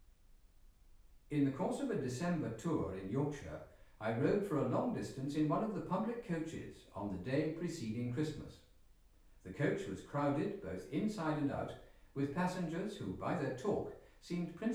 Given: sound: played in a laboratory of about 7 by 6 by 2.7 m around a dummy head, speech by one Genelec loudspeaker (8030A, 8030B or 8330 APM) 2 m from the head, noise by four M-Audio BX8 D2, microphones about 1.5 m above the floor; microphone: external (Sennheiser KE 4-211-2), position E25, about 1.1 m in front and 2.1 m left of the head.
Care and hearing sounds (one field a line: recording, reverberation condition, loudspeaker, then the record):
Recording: male speech in English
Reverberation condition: medium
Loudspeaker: 150 degrees to the left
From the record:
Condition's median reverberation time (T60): about 510 ms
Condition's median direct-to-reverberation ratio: about -0.5 dB